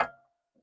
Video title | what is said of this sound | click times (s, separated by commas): Exploring Norway in a Camper Van: Solo Van Life Adventure - Part 1 | and locks into place. Now that stays right there. | 0.0 s